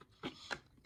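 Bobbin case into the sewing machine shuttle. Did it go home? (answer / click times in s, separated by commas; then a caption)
yes / 0.5 s. A metal bobbin case, after the thread has been wound and cut, is placed back beneath the needle plate of a sewing machine into the shuttle. Soft handling and rustling lead to a sharp click at 0.5 s as it locks in, and the bobbin case is seated.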